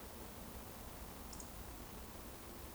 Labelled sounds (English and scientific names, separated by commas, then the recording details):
Eurasian Woodcock (Scolopax rusticola) whistle
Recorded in Baden-Württemberg, Germany, on 24 June 2020 at 20:31 UTC
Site 14569, 102 m above sea level